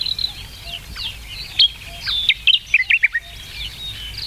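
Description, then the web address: Sakhalin grasshopper warbler giving one rapid phrase of bright falling notes midway, surrounded by a steady wash of high bird chatter. "sikioto. ezosenyo"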